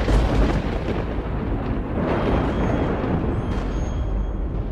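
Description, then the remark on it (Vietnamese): A loud thunderclap from a lightning strike on a raised iron stake at a grave, a heavy crackling rumble that stays dense and powerful for several seconds with deep low booming underneath and no voices. “Ngay khi Thức cầm cái cọc sắt giơ lên thì trên bầu trời giáng xuống một tia sét.”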